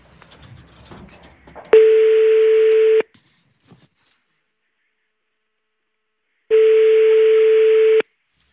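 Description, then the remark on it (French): Two long, steady ringback tones of an outgoing phone call to a father, each about a second and a half, separated by a long silent gap. The pitch is a single low-mid buzzy hum. “Deuxième sonnerie. J'espère qu'il est joignable.”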